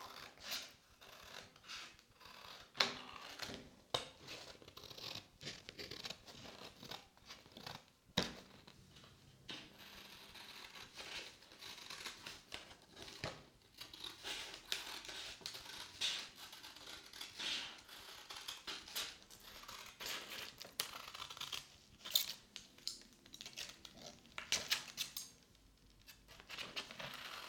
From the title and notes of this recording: ASMR Ear Massage Ear Cupping Ear Rubbing Ear Brushing and Scissor Sounds.